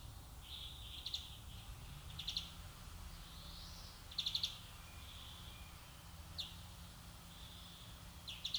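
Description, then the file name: European greenfinch with scattered bursts of quick chipping notes and a couple of soft nasal wheezes, irregularly spaced, against a noisy low-frequency background. "Chloris chloris"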